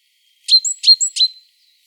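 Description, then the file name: Great tit calls, three sharp high notes, each a quick burst followed by a thin whistled tail, given in about one second. "Parus major"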